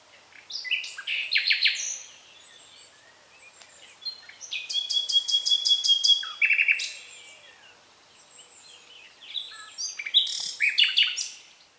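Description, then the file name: Common nightingale singing in bursts of rapid repeated notes and trills, three phrases separated by short pauses. "Luscinia megarhynchos"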